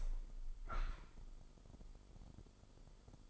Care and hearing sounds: daily activity, microphone in the room; open window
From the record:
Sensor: 5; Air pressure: 995.8 hPa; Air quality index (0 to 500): 102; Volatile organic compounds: 7 ppm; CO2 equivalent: 1964 ppm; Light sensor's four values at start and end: 40/97/39/41 and 40/97/39/41

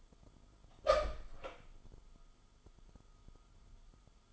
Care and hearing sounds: daily activity, microphone in the room; open door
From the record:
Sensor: 5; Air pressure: 1004.9 hPa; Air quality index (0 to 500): 94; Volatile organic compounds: 2 ppm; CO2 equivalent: 1146 ppm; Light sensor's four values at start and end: 35/81/32/31 and 35/81/33/31

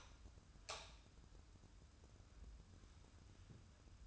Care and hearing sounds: daily activity, microphone in the room; light on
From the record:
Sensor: 2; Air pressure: 994.3 hPa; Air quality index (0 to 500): 215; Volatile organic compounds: 1000 ppm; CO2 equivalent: 7119 ppm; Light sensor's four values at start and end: 124/295/124/128 and 129/311/131/134

